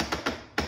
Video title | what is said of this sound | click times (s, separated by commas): (2023 Remake) 2010 20” Lasko Wind Tunnel Fan. | doesn't really lock into place | 0.1 s, 0.3 s, 0.6 s